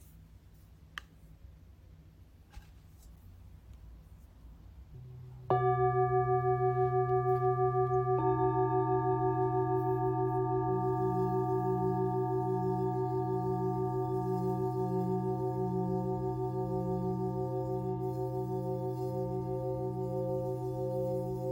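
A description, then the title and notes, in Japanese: Singing bowls played live: after about five seconds of quiet low hum and small clicks, a bowl is struck and rings out with a loud, sustained tone. Around eight seconds a second bowl joins, and from about eleven seconds a low tone pulses with a steady, regular wobble. 10分間のシンギングボウルライブ。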